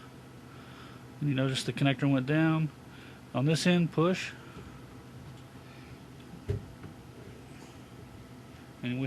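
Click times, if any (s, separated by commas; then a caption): none. A RAM module is pushed into a motherboard memory slot while inserted the wrong way round, with its notch on the wrong end. Someone talks, then a brief low thump sounds at about 6.5 s, but the module has not snapped or clicked into place. It is seated incorrectly.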